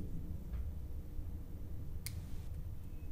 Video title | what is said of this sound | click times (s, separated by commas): Professional Crimping of Weather Pack Terminals | What we'll do is we will insert it until we hear a click. Perfect. | 2.1 s